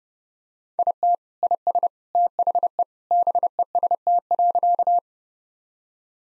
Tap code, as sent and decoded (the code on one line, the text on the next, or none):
none